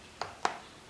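The longer side of a tight-fitting plastic ShockWave iPad case is pressed over the edge of the iPad. Two short, sharp snaps are heard at 0.2 s and 0.5 s, the second one louder. The case edge snaps over the iPad and is seated.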